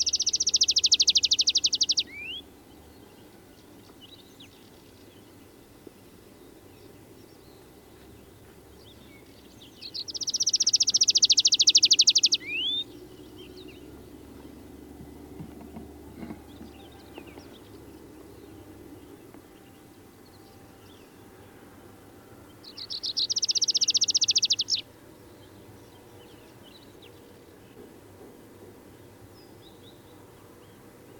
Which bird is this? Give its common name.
Tree Pipit